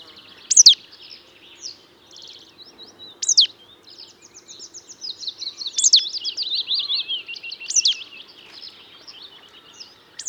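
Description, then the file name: Marsh tit calls: sharp, explosive high notes repeated every two to three seconds, mixed with softer chattering twitters between them. "Poecile palustris"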